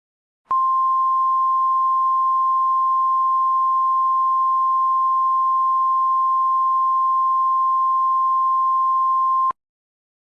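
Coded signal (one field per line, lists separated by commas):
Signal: Emergency Alert System (SAME) tones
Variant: 1050 Hz attention tone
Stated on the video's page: Fictional Puss In Boots-themed EAS scenario, not a real alert.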